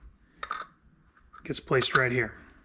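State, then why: Not seated. A locking cylinder is handled at its spot in a Rotopax Tark II plastic anti-siphon locking clamshell ("The CLAM") that closes around a fuel cap, with a few brief handling clicks near 0.4–0.6 s before someone talks. Nothing has seated or snapped into place yet when the clip ends.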